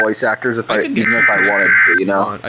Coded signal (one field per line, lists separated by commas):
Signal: Emergency Alert System (SAME) tones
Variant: header bursts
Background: speech